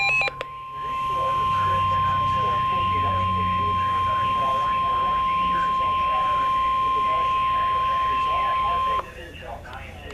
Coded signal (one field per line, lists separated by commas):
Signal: Emergency Alert System (SAME) tones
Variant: 1050 Hz attention tone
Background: speech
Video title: EAS #26 - Severe Thunderstorm Warning Jackson, DeKalb AL